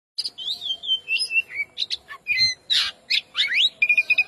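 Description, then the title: Oriental magpie-robin singing a fast medley of clear whistles, falling slurs and scratchy rasping notes, ending in a short trilled phrase. "Kacer"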